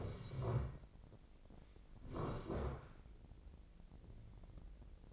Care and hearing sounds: daily activity, microphone in the room; sit down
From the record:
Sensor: 5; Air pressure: 1012.4 hPa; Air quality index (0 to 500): 156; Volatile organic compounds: 2 ppm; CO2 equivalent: 1066 ppm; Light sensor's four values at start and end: 260/621/265/295 and 263/629/268/299

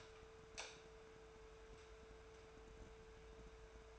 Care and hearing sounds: daily activity, microphone in the room; light on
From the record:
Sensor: 2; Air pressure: 1014.5 hPa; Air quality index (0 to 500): 177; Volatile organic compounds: 12 ppm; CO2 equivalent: 2338 ppm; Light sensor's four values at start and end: 11/28/12/12 and 16/45/18/19

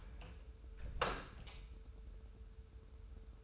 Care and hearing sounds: daily activity, microphone in the room; close door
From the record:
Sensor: 2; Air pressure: 1015.1 hPa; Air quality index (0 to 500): 149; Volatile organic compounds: 6 ppm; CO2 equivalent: 1924 ppm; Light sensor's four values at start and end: 13/35/14/15 and 13/35/14/15

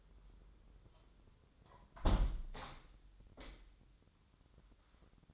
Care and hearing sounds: daily activity, microphone in the room; close window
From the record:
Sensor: 3

